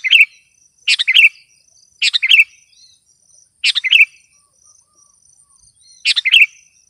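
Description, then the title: Sooty-headed bulbul repeating quick liquid phrases of several chirps, five phrases at uneven intervals, over a faint steady high tone. "kutilang"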